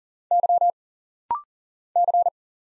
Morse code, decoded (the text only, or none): Y C